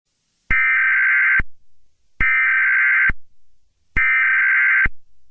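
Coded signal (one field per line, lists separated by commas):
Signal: Emergency Alert System (SAME) tones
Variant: header bursts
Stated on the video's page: A fictional horror EAS scenario about an SCP entity.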